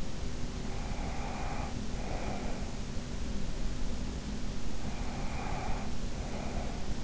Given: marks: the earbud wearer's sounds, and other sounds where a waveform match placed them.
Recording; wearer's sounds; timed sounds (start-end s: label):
sounds in sleep by an in-ear microphone; breath
0.75-2.70 s: breath
5.21-7.04 s: breath